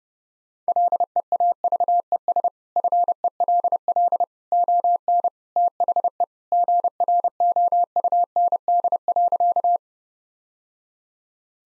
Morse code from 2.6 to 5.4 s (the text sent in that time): FELL ON